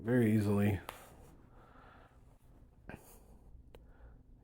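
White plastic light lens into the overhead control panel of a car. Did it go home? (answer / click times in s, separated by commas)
yes / 2.9 s, 3.8 s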